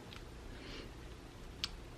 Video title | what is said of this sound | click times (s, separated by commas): PREGNANT LADY REPLACES DEXCOM SENSOR & DADA'S BIRTHDAY | then I pull up till it click twice on that | 0.1 s, 1.6 s